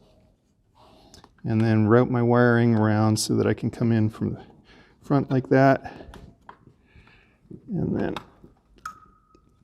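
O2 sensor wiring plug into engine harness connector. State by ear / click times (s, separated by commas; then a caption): seated / 8.9 s. On an Aston Martin DB9 V12, the rearmost O2 sensor's wiring is routed through the center slot and its plastic connector is pushed home from the front into the engine harness connector. Someone talks, then small handling noises follow, and a sharp click at 8.9 s marks the connector seating.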